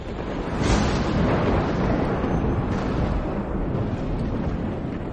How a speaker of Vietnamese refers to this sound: Còn đang ngây ngẩn thì bỗng nhiên một tia sét đánh đùng một cái vang lên.